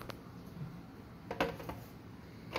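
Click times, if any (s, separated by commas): 1.4 s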